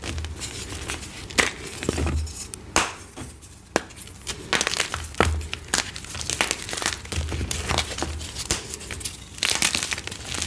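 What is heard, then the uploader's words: Gym chalk is crushed and squeezed, giving dense crisp crinkling and crunching with sharp cracks near 1.5, 2.8, 3.8, 5.3 and 8.5 seconds. The texture stays busy and bright throughout, with soft low thumps from handling. Satisfying pasted gym chalk crush + crispy, powdery gym chalk reforms, dyed chalk, fresh blocks.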